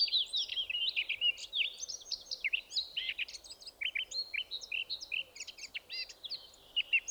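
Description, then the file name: Eurasian blackcap song throughout, a dense stream of quick, varied high chirps and whistled slurs without real pause. "Sylvia atricapilla"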